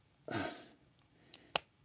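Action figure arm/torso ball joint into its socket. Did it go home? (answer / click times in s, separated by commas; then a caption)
yes / 1.6 s. A ball joint between the arm and torso of a plastic action figure is pushed home into its socket. After a soft breathy rush early on and a faint tick at 1.3 s, a sharp, bright pop sounds at 1.6 s as the joint seats into place.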